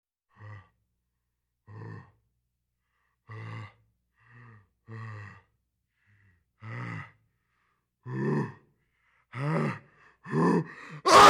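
About eight voiced, gasping 'ah' breaths come roughly every one to one and a half seconds, growing louder and tenser, then end in one sharp, explosive sneeze. It is the typical build-up and release of a heavy sneeze in an adult.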